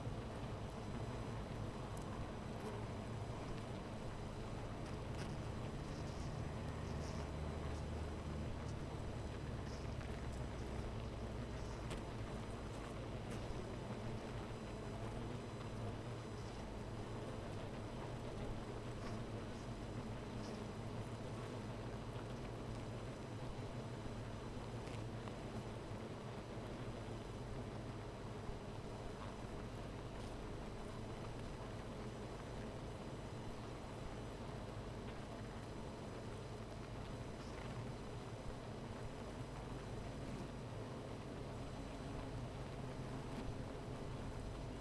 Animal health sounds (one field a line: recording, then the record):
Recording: honeybee colony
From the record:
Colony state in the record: missing queen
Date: 14 July 2017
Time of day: 13:46